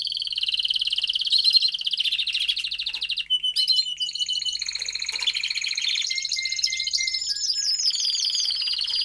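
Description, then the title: Domestic canary singing a varied, continuous song of fast rolling trills, brief sharp notes and bright whistled phrases, all high-pitched. Male Belgian canary singing a lot, used to warm up young canaries within 30 minutes. "Canary Training Esquente Seu Filhote E Canario Belga Em 30 Minutos Macho Cantando Muito"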